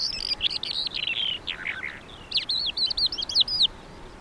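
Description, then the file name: Calandra lark song, a lively, scratchy stream of jumbled chirps and slurred whistles, with a brief pause before a string of rapid sharp notes. "suara kicauan calandra lark"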